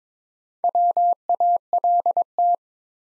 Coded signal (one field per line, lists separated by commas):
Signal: Morse code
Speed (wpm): 22 wpm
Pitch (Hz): 700 Hz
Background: none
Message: WALT